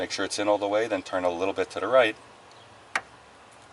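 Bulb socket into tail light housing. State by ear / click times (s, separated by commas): seated / 3.0 s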